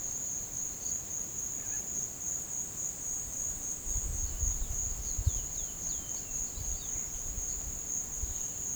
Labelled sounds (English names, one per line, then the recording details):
Violaceous Jay
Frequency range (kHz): Violaceous Jay 1.9-5.4 kHz
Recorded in pastures near Puerto Asís, Putumayo, Colombia, on 25 June 2025 at 16:00
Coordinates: 0.472, -76.331
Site G095